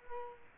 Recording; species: mosquito wingbeat signal from an infrared sensor; Culex quinquefasciatus